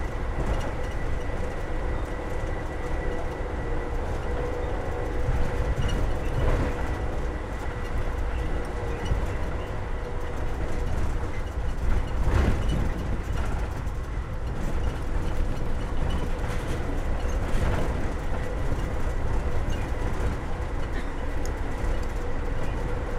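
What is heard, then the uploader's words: A train ride rolls on with a steady low rumble and constant rattling, a faint whine above, and brief louder clunks around twelve seconds. Train Ride From Tampa To Ft.Lauderdale.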